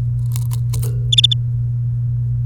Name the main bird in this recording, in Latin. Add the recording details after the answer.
Serinus canaria. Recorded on 28 April 2018 at 07:30. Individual llb3